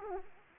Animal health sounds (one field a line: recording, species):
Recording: mosquito wingbeat signal from an infrared sensor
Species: Anopheles arabiensis